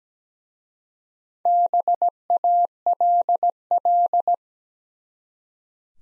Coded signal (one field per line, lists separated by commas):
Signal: Morse code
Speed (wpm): 17 wpm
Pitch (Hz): 700 Hz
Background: none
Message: BALL